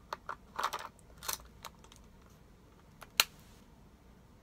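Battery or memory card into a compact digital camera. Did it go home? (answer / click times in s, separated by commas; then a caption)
yes / 3.2 s. A battery or memory card is pushed into the compartment of a new compact digital camera, with soft handling clicks and rustles in the first 1.7 seconds. A single sharp, loud click at 3.2 s marks it snapping into place, seated.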